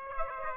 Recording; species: mosquito wingbeat signal from an infrared sensor; Aedes aegypti